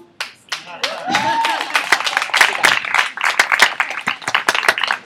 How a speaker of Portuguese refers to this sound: Pode aplaudir.